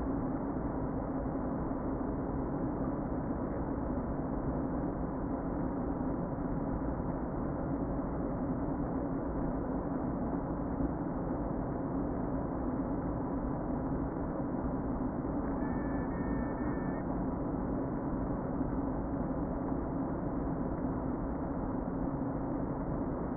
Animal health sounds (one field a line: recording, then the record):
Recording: honeybee colony, microphone inside the hive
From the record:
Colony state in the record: queen present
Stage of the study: before two queens were removed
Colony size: about 60,000 bees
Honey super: yes